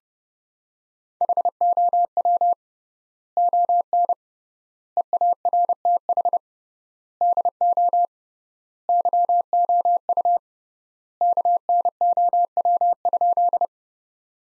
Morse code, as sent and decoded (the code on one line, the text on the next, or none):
.... --- .-- / --- -. / . .- .-. - .... / -.. --- / -.-- --- ..- / -.- -. --- .-- ..--..
HOW ON EARTH DO YOU KNOW?